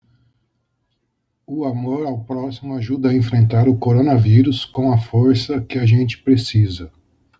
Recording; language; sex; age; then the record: spoken sentence; Brazilian Portuguese; male; 40 to 49 years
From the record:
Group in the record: control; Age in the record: 43 years